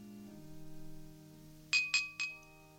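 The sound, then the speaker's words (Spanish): A glass is tapped three times in quick succession to call for a toast, each tap a bright, ringing clink that lingers briefly, over a low steady hum with no talking. “Si me permiten, quisiera proponer un brindis por la familia Lidl”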